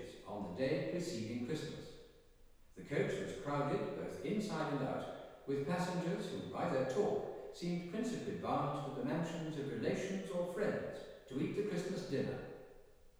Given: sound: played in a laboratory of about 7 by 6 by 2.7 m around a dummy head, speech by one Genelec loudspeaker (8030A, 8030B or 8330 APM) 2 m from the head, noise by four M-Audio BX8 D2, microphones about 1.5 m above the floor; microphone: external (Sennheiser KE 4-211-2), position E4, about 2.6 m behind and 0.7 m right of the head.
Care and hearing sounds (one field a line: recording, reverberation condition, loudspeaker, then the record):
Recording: male speech in English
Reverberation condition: high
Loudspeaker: 30 degrees to the right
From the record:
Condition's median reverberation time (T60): about 1300 ms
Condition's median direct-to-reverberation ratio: about -4.0 dB